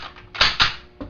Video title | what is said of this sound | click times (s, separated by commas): M1 Garand Field Strip | locks to the rear | 0.4 s